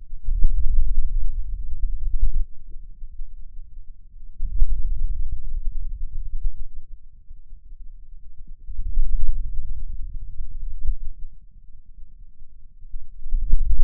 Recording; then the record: forearm muscle sounds (acoustic myography)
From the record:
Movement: hand opening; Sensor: system 2, bracelet of six BSWA MPA416 microphones around the upper forearm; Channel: 1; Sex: male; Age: 22 years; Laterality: right